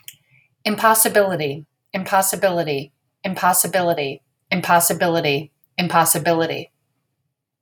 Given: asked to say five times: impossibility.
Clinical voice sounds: repeated word; female; 50 to 59 years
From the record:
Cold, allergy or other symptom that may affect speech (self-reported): no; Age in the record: 52 years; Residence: Maryland, United States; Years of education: 18

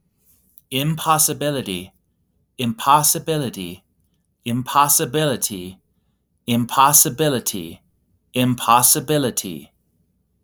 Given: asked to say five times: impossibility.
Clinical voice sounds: repeated word; male; 30 to 39 years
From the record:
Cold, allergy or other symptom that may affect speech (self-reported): no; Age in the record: 39 years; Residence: Wyoming, United States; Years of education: 16

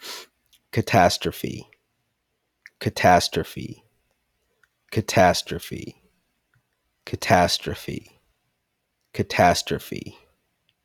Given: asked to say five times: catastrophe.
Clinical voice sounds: repeated word; male; 30 to 39 years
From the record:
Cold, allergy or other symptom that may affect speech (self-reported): no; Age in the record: 33 years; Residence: Georgia, United States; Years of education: 19

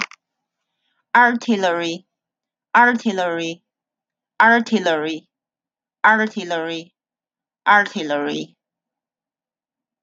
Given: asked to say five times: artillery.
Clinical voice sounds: repeated word; female; 40 to 49 years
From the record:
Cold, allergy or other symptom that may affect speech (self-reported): no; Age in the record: 47 years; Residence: Illinois, United States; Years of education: 19

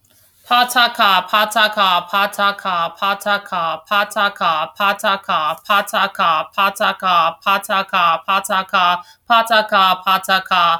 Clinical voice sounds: repeated syllables /pa ta ka/; female; 30 to 39 years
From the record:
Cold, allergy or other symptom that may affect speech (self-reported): no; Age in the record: 30 years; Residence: Kansas, United States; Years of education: 16

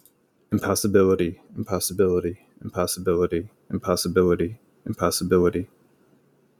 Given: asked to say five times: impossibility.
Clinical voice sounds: repeated word; male; 30 to 39 years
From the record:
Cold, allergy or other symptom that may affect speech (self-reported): no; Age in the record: 31 years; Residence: Florida, United States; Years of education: 16

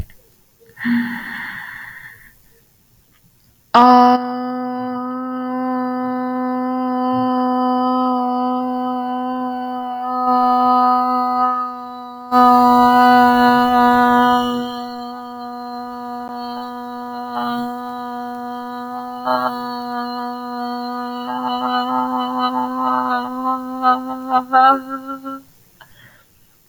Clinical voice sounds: vowel held as long as possible; female; 20 to 29 years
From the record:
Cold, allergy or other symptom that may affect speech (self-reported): no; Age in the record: 21 years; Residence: Texas, United States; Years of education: 15

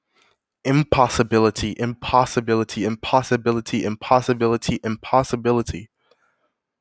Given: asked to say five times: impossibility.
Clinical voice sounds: repeated word; male; 20 to 29 years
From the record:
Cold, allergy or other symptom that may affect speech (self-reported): no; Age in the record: 21 years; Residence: Texas, United States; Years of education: 15

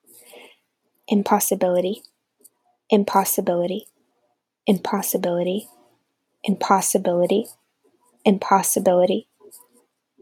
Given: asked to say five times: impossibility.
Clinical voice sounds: repeated word; female; 20 to 29 years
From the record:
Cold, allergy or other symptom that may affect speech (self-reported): no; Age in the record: 27 years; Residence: Texas, United States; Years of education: 13

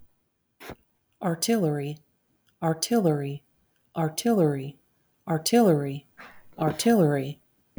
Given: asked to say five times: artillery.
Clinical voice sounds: repeated word; female; 40 to 49 years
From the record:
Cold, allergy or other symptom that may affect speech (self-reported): no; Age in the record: 47 years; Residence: North Carolina, United States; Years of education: 15

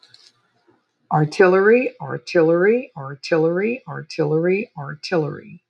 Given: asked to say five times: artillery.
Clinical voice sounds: repeated word; female; 60 to 69 years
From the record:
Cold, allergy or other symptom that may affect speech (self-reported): no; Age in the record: 68 years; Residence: Georgia, United States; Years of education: 16

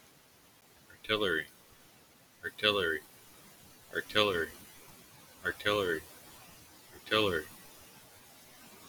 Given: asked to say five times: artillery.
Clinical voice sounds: repeated word; male; 20 to 29 years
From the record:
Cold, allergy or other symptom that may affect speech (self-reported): no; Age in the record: 29 years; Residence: Maryland, United States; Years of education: 15

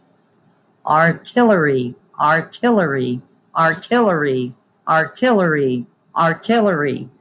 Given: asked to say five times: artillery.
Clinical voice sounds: repeated word; female; 50 to 59 years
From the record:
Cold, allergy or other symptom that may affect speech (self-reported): no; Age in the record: 58 years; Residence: Indiana, United States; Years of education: 12

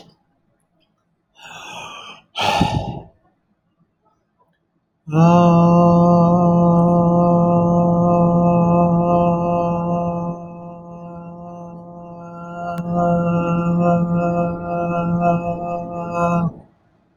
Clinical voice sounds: vowel held as long as possible; male; 30 to 39 years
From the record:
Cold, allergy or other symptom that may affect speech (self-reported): no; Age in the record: 35 years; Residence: United States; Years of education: 16

